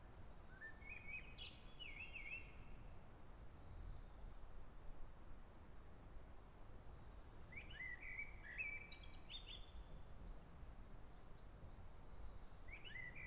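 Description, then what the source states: Bird song, short whistled phrases with quick descending and stepped notes, given in bursts with pauses, over a low rumbling background. Recorded in forest at Sant Mateu, Ibiza.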